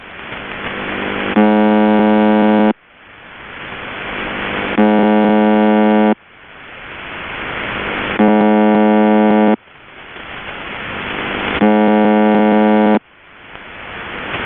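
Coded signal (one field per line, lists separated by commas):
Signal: channel marker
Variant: UVB-76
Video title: The Buzzer (4625khz) - Live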